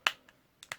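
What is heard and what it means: The right leg of a plastic Marvel Legends Red Skull Onslaught build-a-figure is pushed into the hip socket of its torso, a tough fit, and it snaps into place with one loud, sharp click at 0.07 s. A faint tick follows at about 0.3 s, then two more sharp ticks near 0.6 and 0.7 s. The leg is seated.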